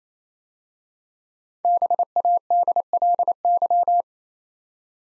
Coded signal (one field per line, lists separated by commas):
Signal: Morse code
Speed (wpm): 29 wpm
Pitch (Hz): 700 Hz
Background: none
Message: BADLY